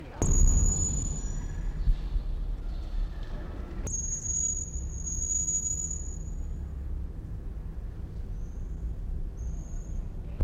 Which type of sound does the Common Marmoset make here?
call